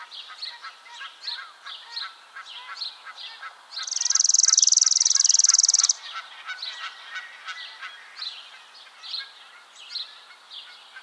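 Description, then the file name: Chipping sparrow singing a single quick, steady trill of about two seconds amid many short chirps. "Spizella passerina - Chipping Sparrow"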